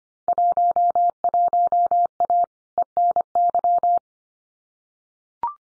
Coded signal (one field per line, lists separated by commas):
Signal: Morse code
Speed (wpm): 25 wpm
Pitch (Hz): 700 Hz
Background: none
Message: 11A ENY